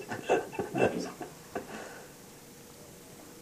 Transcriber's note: laughter